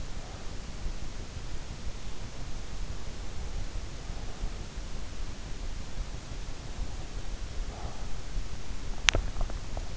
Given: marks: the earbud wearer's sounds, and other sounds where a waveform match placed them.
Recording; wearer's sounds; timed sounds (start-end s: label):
sounds in sleep by an in-ear microphone; breath, swallowing
0.00-0.75 s: breath
7.53-8.20 s: breath
8.92-9.77 s: swallowing